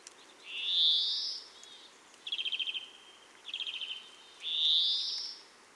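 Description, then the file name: European greenfinch calls: a loud rising buzzy wheeze, then two short rapid twittering trills, then another rising wheeze to close. "Chloris chloris"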